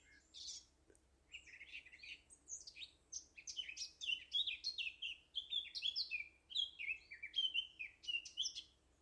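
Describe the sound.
Eurasian blackcap song, a fast, varied warble of chirpy and fluty notes, rising and falling, continuing almost without pause throughout, over faint low hum.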